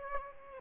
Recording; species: mosquito wingbeat signal from an infrared sensor; Aedes albopictus